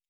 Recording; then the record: hydrophone in a shrimp aquaculture tank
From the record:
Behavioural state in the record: normal